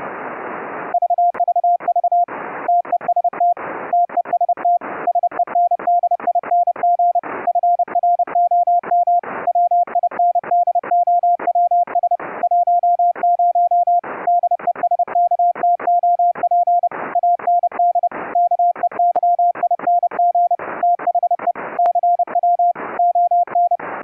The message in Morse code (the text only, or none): VVV TEST TEST SENDING FROM WINDOWS 10 DESKTOP AND KEYING THE CW ON